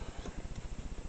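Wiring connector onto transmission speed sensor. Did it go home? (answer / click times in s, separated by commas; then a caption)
no / none. An electrical wiring connector is being pushed onto the speed sensor on the transmission of a Dodge Neon, a tight connector that goes on hard. A steady, rhythmic low-frequency pulsing rumble of about ten beats per second fills the clip, with no sharp transients. Nothing has seated or clicked yet.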